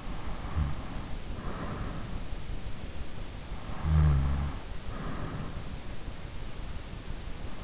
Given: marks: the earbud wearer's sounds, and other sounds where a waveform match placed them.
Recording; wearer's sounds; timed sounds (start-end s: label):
sounds in sleep by an in-ear microphone; breath, snoring breath
0.00-2.22 s: breath
3.66-5.16 s: snoring breath